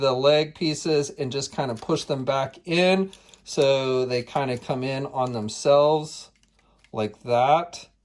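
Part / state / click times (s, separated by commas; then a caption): plastic leg pieces folding into a transforming action figure's body / not seated / none. The leg pieces of a plastic transforming action figure are pushed back in so they fold in on themselves while someone talks. The clip ends before the part goes home, and nothing has seated or clicked yet.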